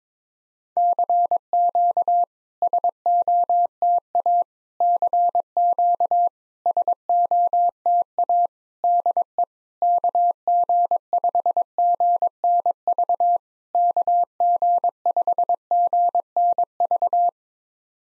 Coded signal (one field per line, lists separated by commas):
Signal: Morse code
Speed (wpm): 22 wpm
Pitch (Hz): 700 Hz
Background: none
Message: CQ SOTA CQ SOTA DE KG5GNV KG5GNV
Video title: SOTA QSO Practice 22wpm